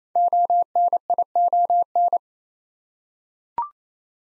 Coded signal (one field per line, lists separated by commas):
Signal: Morse code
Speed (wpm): 28 wpm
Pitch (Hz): 700 Hz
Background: none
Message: ONION